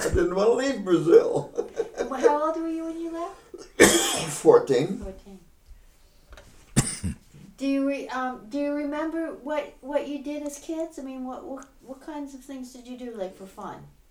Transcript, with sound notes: I didn't want to leave (laughing)
How old were you when you left?
Fourteen.
Do you, do you remember what you did as kids, I mean, what kinds of things did you do for fun?